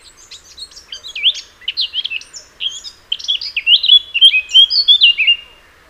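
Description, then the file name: Eurasian blackcap singing, a soft jumbled twittering opening that builds into loud, rich fluted notes near the end, then stops. "Sylvia atricapilla"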